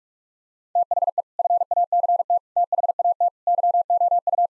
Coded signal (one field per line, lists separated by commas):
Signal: Morse code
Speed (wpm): 46 wpm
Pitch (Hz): 700 Hz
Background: none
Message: THE FACT THAT YOU